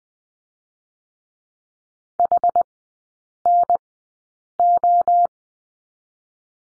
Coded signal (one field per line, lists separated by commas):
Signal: Morse code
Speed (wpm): 20 wpm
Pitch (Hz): 700 Hz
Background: none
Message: HNO